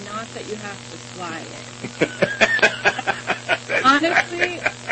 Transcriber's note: laughs